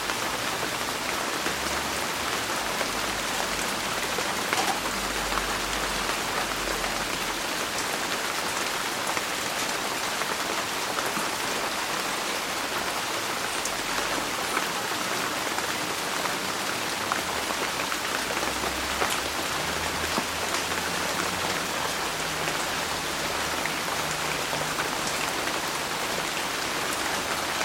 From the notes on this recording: raindrops create a soothing backdrop, occasionally accompanied by the distant hum of the city and the gentle calls of birds taking shelter